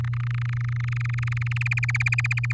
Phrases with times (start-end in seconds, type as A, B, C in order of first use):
0.00-1.63 A, 1.66-2.52 B